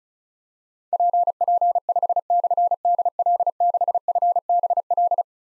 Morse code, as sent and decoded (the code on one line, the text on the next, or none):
.--. .--. ..... -..-. -.. .-.. -.... ..-. -... .-..
PP5/DL6FBL